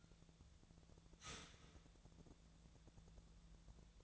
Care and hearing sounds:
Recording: daily activity, microphone in the room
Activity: start toaster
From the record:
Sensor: 3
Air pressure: 1000.2 hPa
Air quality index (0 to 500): 156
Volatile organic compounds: 3 ppm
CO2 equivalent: 1377 ppm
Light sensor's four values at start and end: 36/92/39/42 and 36/92/38/41

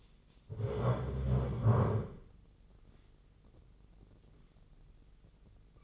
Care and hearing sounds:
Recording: daily activity, microphone in the room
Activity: stand up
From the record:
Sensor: 4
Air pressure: 996.7 hPa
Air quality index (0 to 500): 242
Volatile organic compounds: 353 ppm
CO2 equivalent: 4589 ppm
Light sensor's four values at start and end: 47/115/47/47 and 47/115/47/47

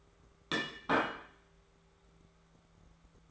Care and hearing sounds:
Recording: daily activity, microphone in the room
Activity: place plate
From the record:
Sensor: 3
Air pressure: 1015.0 hPa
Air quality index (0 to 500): 208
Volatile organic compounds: 34 ppm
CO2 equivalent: 3039 ppm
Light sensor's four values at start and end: 34/83/36/39 and 35/85/37/40

